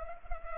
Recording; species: mosquito wingbeat signal from an infrared sensor; Culex pipiens